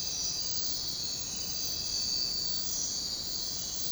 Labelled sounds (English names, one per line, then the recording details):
none
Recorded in secondary vegetation near Puerto Asís, Putumayo, Colombia, on 13 March 2025 at 04:30
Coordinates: 0.484, -76.319
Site G010